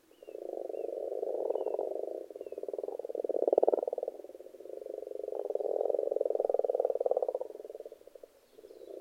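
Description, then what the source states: Frogs croaking steadily in a thick pulsed chorus that rises and falls in volume. Frogs in a pond.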